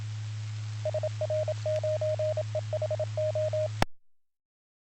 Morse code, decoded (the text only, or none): SR9EHO